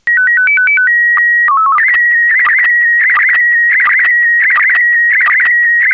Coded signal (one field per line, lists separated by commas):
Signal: SSTV (slow-scan television)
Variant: PD 90